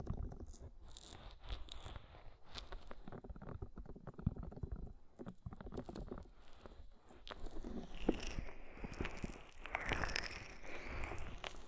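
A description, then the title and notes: Ear massage with oil and foam: a dense, continuous run of wet, crackly squishing and rubbing, with quick clicks and pops. Around eight seconds the texture turns brighter and hissier, with fizzing foam-like crackle that stays busy through the end. ASMR Oil, Foam and Tingly Ear Massage.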